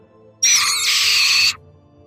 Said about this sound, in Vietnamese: Bỗng một con quạ từ trên nóc nhà bay ra, mồm kêu lên liên tục.